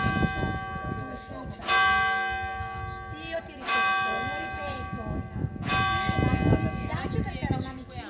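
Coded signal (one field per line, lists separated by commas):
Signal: clock strike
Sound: three loud church bell strokes about two seconds apart, ringing and decaying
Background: people talking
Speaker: abbiamo avuto anche stavolta un po di fortuna come l'abbiamo avuto amazon e dalla parrocchia le tre e mezzo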